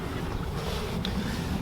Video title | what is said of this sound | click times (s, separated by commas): F30 M Performance Diffuser Install PLUS Rear Bumper Removal and Rear Tail Light Removal! (2017 340) | you'll hear it snap into place | 1.1 s